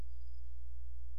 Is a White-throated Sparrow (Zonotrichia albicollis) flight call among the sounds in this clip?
no